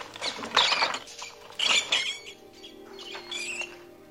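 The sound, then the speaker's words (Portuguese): Hungry rats released by a lever into the front compartment of a cage scurry in bursts of scratchy, high-pitched patter and squeaks, rising and falling over a few seconds alongside faint mechanical rattling, with no voices. “Eu aperto a primeira alavanca e os ratos virão para o compartimento da frente.”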